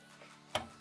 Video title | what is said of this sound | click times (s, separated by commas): How to Replace Memory RAM in a Desktop PC - Beginner's Guide | way we did in the first part of the video until you hear it snap | 0.6 s